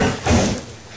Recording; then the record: coughing mixed with background sound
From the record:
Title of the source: Mid-morning Winter Coughing Fit